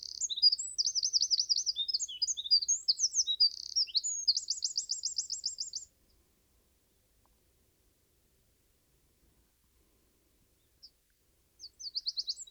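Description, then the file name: Eurasian wren song of fast, high, tumbling notes and a ringing trill, already under way at the start and ending after about six seconds, followed by a quiet pause and the start of another song. "Troglodytes troglodytes"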